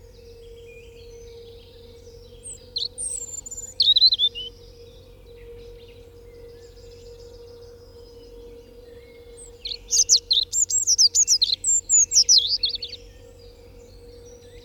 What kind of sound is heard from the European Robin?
song